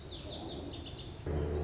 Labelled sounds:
Lazuli Bunting (Passerina amoena)
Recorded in Sonoma County, California

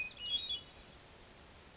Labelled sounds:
Hermit Thrush (Catharus guttatus)
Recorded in Sonoma County, California

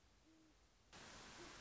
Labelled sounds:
Great Horned Owl (Bubo virginianus)
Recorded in Sonoma County, California

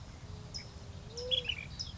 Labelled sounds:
Ash-throated Flycatcher (Myiarchus cinerascens)
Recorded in Sonoma County, California

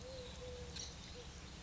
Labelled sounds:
Eurasian Collared Dove (Streptopelia decaocto)
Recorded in Sonoma County, California

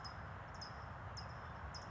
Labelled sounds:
California Towhee (Melozone crissalis)
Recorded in Sonoma County, California

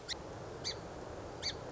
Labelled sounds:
Song Sparrow (Melospiza melodia)
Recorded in Sonoma County, California

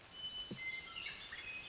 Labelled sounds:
Western Meadowlark (Sturnella neglecta)
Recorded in Sonoma County, California

